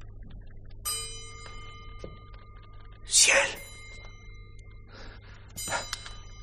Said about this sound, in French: Un carillon de pendule. Ici, dans une maison hermétiquement emmurée depuis un siècle et demi, qui l'a remontée?